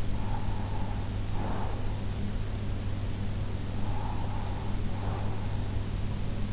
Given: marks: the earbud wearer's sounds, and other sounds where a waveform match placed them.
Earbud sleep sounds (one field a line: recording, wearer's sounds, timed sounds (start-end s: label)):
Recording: sounds in sleep by an in-ear microphone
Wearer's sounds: breath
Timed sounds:
0.17-2.17 s: breath
3.55-5.95 s: breath